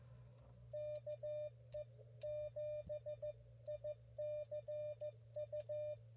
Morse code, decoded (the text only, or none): KE7ICU